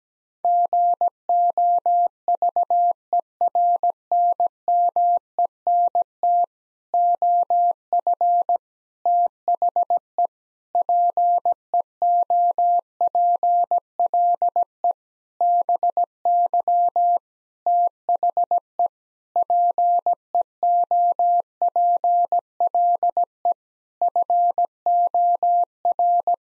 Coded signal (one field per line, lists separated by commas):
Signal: Morse code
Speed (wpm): 17 wpm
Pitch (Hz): 700 Hz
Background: none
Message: GOVERNMENT OF THE PEOPLE BY THE PEOPLE FOR